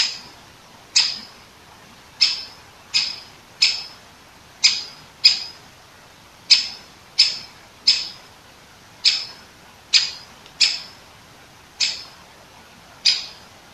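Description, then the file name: Great Spotted Woodpecker calling with many short, hard 'kick' notes in quick but uneven succession, each note clipped and bright. Recorded 21 September 2015 at about 19:10. "dzieciol duzy nikolay sariev. dendrocopos major), 2015-09-21 , 19 10"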